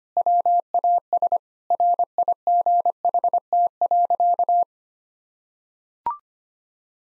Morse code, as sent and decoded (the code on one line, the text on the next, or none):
.-- .- ... / .-. .. --. .... - .-.-.-
WAS RIGHT.